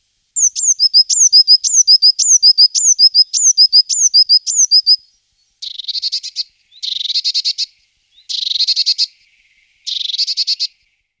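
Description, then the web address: Eurasian blue tit singing a fast series of high slurred notes, followed by several short buzzy churring bursts. Song, recorded in 2004. "gesang. roche 2004 blaumeise"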